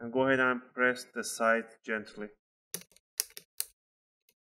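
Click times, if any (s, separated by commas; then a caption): 2.7 s, 3.2 s, 3.6 s. Someone talks as the plastic top cover of a Lenovo G50-30 laptop is put back hinge side first and its edges are pressed down gently onto the bottom cover. Sharp plastic clicks ring out at 2.7, 3.2 and 3.6 seconds as the snap clips engage. The cover seats properly, and the clicking is normal.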